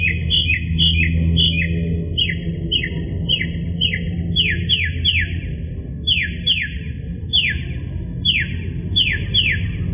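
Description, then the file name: Northern mockingbird repeating clear descending whistled notes, first short and quick, later longer sweeping slurs, each pattern given several times; steady low hum beneath. "kicauan-burung-northern-mockingbird -omkicau"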